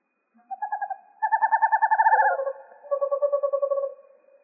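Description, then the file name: Western screech owl giving rapid tremulous hooting trills, a short one followed by a longer louder series that drops in pitch, then a lower steady trill; quiet background. Recorded in Arizona on 7 January 2006. "WESO 3 D deviche"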